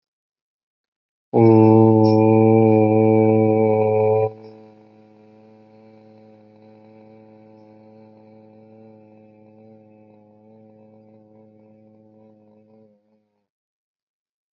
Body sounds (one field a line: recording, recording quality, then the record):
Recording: sustained vowel as in boot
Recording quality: moderate, slight background noise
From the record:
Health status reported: healthy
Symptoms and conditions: none ticked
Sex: male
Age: 34 years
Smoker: not ticked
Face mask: not worn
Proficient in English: yes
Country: India